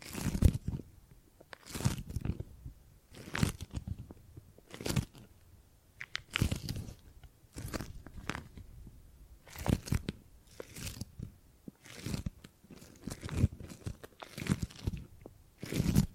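Gripping and grabbing sounds come as short crunchy, crackling bursts roughly every second or two, each a brief rustle with a dull thump underneath.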